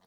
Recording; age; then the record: pig call; piglet (1 to 25 days)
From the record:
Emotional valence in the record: positive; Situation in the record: reunion after long isolation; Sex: male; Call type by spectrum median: low-frequency call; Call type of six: low-frequency tonal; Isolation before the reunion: 8 minutes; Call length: 0.06 s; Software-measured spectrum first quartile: 582 Hz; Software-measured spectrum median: 1369 Hz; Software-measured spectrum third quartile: 4469 Hz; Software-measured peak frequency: 189 Hz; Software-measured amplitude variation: 21 dB a second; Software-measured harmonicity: -0.3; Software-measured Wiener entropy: -1.57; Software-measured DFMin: 977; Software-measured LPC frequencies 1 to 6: 788, 1895, 3213, 3905, 4422, 5672 Hz